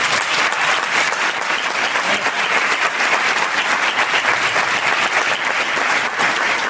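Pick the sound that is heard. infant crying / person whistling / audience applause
audience applause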